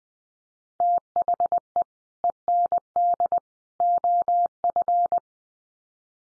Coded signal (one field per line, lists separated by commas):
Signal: Morse code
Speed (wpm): 20 wpm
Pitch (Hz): 700 Hz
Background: none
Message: THE END OF